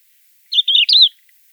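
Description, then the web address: Crested lark giving a single liquid whistled call of three linked notes, slurred up and down, clear against silence. "galerida cristata call"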